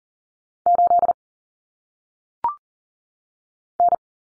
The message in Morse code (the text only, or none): 8 N